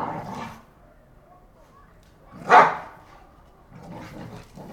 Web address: NS Studios - ultra sound collection animals dogs - Pit bull Tessa Pit bull Bahko fight